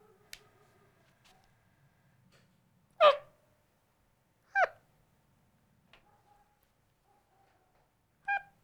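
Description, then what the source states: Capuchin monkey calls: three brief, sharp chirps spaced a few seconds apart, with faint clicks and a low hum between them. Capuchin monkey sounding curious.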